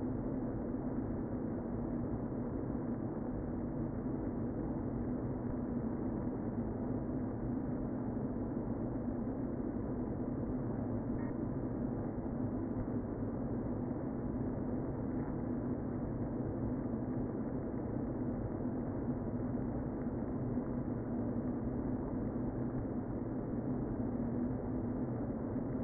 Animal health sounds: honeybee colony, microphone inside the hive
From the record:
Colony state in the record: queen present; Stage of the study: before two queens were removed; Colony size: about 60,000 bees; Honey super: yes

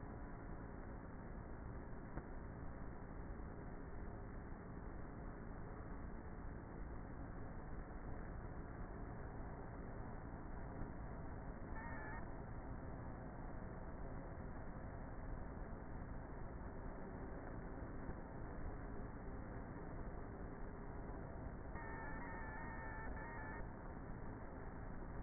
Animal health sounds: honeybee colony, microphone inside the hive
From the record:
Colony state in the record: queenless with a low population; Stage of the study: before two queens were removed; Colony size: about 30,000 bees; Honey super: no

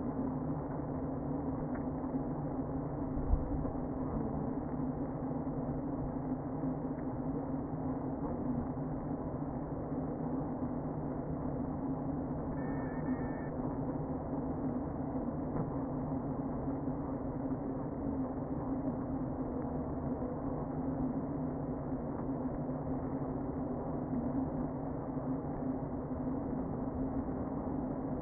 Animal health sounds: honeybee colony, microphone inside the hive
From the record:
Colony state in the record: queen present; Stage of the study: before two queens were removed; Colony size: about 60,000 bees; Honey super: yes

